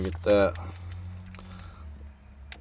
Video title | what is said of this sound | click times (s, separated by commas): How to replace the license plate light & trunk release/touch pad on a Chevy Cruze | locked into place there | 2.5 s